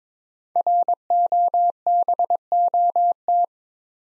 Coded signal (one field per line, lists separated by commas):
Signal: Morse code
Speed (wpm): 22 wpm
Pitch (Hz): 700 Hz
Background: none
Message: ROBOT